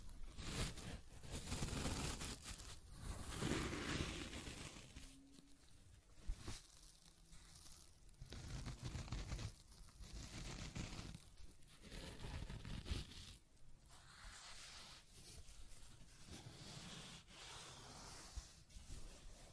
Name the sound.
Scratching and Tracing Sounds